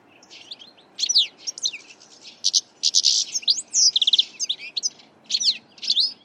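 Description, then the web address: Bird giving rapid, high-pitched chirps and twittering notes in quick irregular bursts, some clicky and some slurred. "Deverinetal 2025 File origin Bird Only"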